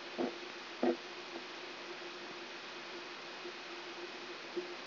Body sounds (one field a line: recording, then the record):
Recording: brain microelectrode recording played as sound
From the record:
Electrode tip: outside the subthalamic nucleus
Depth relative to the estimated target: -1 mm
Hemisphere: right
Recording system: AlphaMap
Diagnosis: Parkinson's disease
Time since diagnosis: 11 years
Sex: female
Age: 52 years